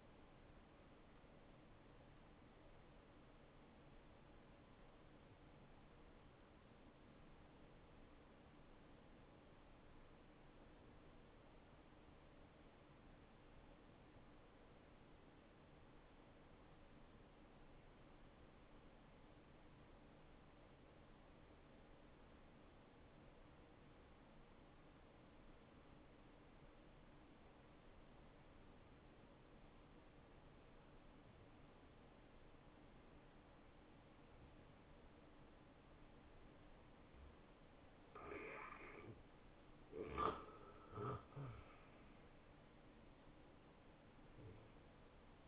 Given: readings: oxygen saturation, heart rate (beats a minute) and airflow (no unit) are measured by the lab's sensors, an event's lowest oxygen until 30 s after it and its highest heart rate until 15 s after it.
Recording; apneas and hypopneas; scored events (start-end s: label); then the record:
breathing in sleep by a voice recorder at the bedside; 1
4.00-37.40 s: obstructive apnea (N1, oxygen 96% highest, then 86% lowest)
From the record:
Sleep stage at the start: N1 (lightest sleep); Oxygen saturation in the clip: 85 to 96%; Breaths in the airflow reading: 4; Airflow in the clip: -12.9 to 6.2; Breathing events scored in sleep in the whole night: 263 in 5.5 hours asleep